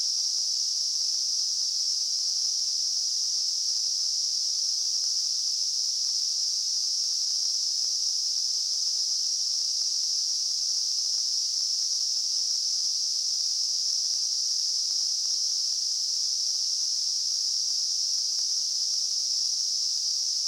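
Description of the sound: Simulated tinnitus: a steady, continuous high-pitched hissing band of noise centred around 5 kHz, unchanging in loudness throughout, with no low-frequency content.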